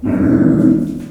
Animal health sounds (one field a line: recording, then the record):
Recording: squeal of a Yucatan mini pig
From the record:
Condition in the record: after surgery on the right vocal fold (resection and tissue-engineered implant)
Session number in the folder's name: 5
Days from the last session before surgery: 33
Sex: female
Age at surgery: 19 weeks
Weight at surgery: 25 kg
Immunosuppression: prednisolone